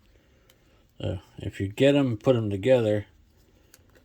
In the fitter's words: we just push it and hear one click. It's not all the way in there.